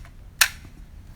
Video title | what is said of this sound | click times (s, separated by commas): KENNER VOR-TECH RATTLER Review - Pretty Much Just The M.A.S.K. Gator, Version -2.0 | just lift up the hood section and pop the green launching bolt all the way back in until it clicks, and you're good to go. | 0.4 s